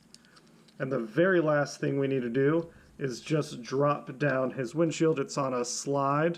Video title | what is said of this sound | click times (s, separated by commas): Conversion Conversations: Transformers Rise of the Beasts Jungle Mission Cheetor Nightbird Wheeljack | the headlights kind of lock over him to give him his signature look | 0.1 s